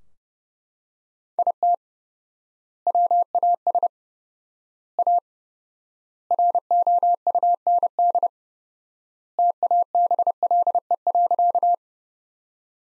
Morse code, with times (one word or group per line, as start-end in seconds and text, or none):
1.4-1.7 IT
2.9-3.9 WAS
5.0-5.2 A
6.3-8.3 ROUND
9.4-11.7 TABLE.